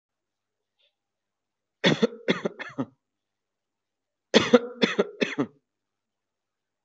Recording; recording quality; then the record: shallow voluntary cough; excellent, no background noise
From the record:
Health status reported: healthy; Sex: male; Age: 34 years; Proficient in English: yes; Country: India